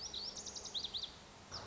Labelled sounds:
Lazuli Bunting

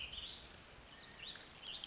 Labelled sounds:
Warbling Vireo

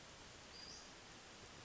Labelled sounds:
Western Flycatcher

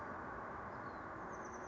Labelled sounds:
Oak Titmouse

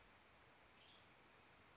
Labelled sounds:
Western Tanager

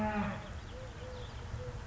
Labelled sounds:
Eurasian Collared Dove

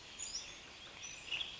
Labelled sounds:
Western Tanager

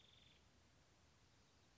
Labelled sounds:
Nuttall's Woodpecker

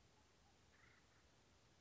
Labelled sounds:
Acorn Woodpecker

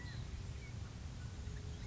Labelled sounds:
California Quail

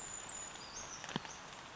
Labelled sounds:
Western Flycatcher

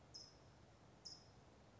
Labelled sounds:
California Towhee

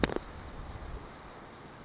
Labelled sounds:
Blue-gray Gnatcatcher

